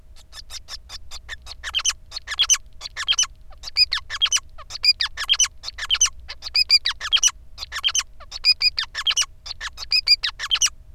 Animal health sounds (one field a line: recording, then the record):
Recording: song of a male Bengalese finch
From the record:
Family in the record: son of father 5